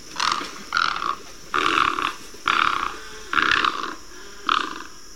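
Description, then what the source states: Great egret uttering a series of six hoarse, grating croaks, each under a second, coming in quick irregular succession. Call described as ferocious; wades in fresh and saltwater wetlands on every continent except Antarctica.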